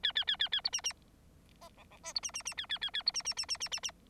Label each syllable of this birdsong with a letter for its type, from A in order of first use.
A A A A A B C C D E E F B C C C A A A A B C C C C C C C